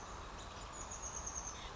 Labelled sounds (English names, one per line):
Chestnut-backed Chickadee